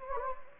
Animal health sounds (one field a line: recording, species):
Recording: mosquito wingbeat signal from an infrared sensor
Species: Anopheles gambiae